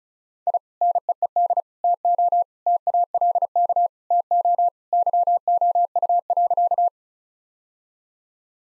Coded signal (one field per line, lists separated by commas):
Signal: Morse code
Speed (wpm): 36 wpm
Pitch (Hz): 700 Hz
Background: none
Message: I NEED TO TALK TO YOU.